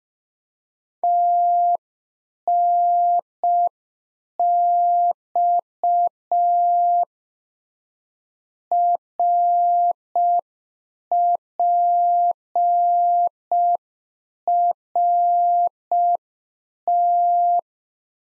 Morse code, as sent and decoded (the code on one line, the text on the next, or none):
- -. -..- / .-. .--. .-. -
TNX RPRT